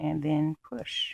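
An emergency medical ID tag is lined up with its band or holder and pushed on while someone talks. Only the voice is heard, with a brief pause near the middle. Nothing has seated or clicked yet by the end.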